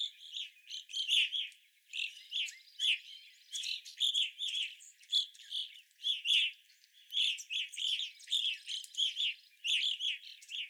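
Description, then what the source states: Evening grosbeak calls, a steady run of clear, chirpy notes from several birds, coming in rapid clusters with barely any silence between them. Several evening grosbeaks, recorded 25 April 2021.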